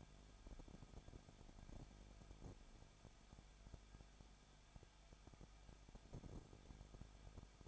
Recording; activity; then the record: daily activity, microphone in the room; no activity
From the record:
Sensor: 5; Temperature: 20.9 degrees Celsius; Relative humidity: 35.1%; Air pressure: 994.6 hPa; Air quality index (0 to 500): 153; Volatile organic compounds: 2 ppm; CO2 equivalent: 1281 ppm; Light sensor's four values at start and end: 2/3/1/1 and 2/3/1/1